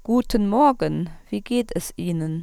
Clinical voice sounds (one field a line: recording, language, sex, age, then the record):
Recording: spoken sentence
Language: German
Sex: female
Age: 40 to 49 years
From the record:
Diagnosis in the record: cluttering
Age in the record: 46 years